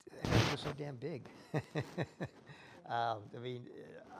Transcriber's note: laughs